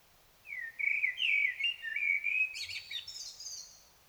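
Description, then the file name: Common blackbird delivers a flowing, fluted warble lasting about two seconds, then a rapid, high-pitched scratchy chatter to close the phrase. "Turdus merula"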